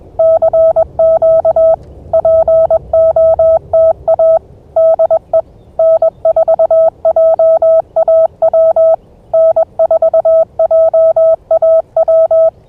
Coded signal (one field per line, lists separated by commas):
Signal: Morse code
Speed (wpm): 21 wpm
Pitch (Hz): 660 Hz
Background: none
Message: CQ POTA DE N4JAW N4JAW